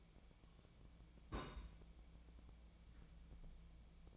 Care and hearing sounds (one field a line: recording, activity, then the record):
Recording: daily activity, microphone in the room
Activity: place on stove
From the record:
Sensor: 1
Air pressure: 1010.0 hPa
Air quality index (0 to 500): 187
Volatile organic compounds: 17 ppm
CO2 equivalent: 2569 ppm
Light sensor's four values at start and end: 37/96/40/49 and 38/96/40/49